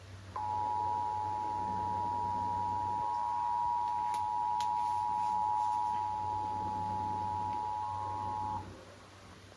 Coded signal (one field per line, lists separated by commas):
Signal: Emergency Alert System (SAME) tones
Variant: 853 and 960 Hz attention tone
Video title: Back Fo Mo….EAS Alerts From July 26, 2023